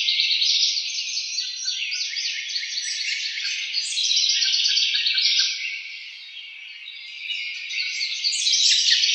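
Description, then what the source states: House wren song: dense, bubbly chattering trills of rapid high notes that run on with almost no pause and briefly fade midway. Recorded on 4 January 2007.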